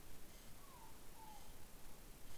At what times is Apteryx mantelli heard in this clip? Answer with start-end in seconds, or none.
none